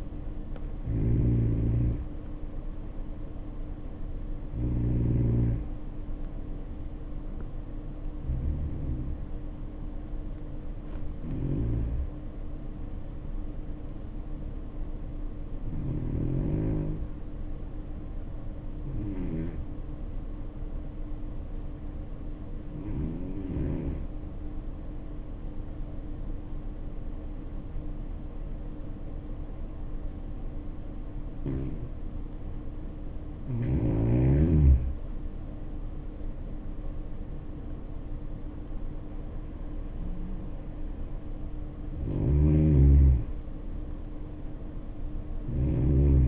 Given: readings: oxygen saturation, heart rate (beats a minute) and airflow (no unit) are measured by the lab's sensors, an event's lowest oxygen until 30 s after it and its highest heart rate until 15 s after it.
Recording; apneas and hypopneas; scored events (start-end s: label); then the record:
breathing in sleep by a smartphone at the bedside; 1
20.00-46.28 s: new sleep stage, N2 (light sleep)
23.00-41.20 s: hypopnea (N2, oxygen 94% highest, then 84% lowest, heart rate 60 at the start, 69 highest)
From the record:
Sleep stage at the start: N1 (lightest sleep); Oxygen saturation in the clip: 87 to 94%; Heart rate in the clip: 59 to 69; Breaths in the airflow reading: 11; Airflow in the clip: -7.8 to 6.8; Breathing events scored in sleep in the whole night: 520 in 7.2 hours asleep